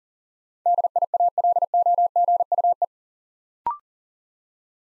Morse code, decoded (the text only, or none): DIALOGUE